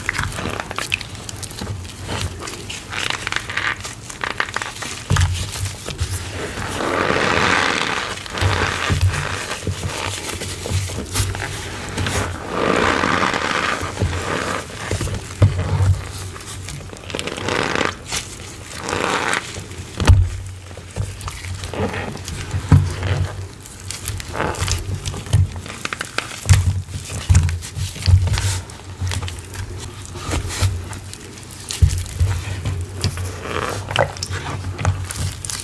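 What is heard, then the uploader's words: Cornstarch paste is stirred and squished, with a steady run of wet, sticky clicks and crinkly squeaks. Denser swirls of mixing swell around 7 and 13 seconds, while a low hum sits underneath throughout. Mixing Oobleck Paste for Cornstarch Crunchies. Pouring, cornstarch squeaks, squishy paste, and oddly satisfying mixing sounds.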